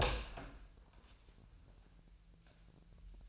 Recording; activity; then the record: daily activity, microphone in the room; open door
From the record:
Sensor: 2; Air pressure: 1001.4 hPa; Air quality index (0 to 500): 243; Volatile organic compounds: 78 ppm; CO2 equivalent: 3586 ppm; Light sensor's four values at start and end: 8/19/8/8 and 7/17/7/7